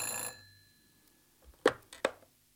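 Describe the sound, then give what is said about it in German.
A telephone rings briefly with a bright, buzzing tone that cuts off and rings out faintly, followed by a couple of sharp clicks and clatters like a handset being lifted. “Während ich noch überlegte, ob ich mich mehr den kriminellen oder den verrückten Naturen verwandt fühlte, klingelte das Telefon.”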